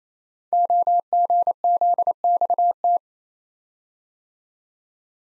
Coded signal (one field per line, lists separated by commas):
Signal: Morse code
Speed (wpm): 27 wpm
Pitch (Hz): 700 Hz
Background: none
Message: OGZXT